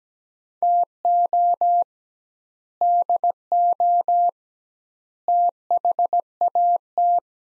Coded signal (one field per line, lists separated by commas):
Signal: Morse code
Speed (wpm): 17 wpm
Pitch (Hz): 700 Hz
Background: none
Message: TO DO THAT